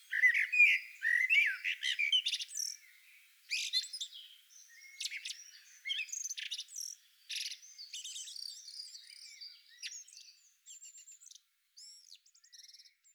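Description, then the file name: Eurasian blackbird giving rapid squeaky, twittering phrases, loud at first and fading in shorter bursts toward the end, with no other clear sounds. "Turdus merula"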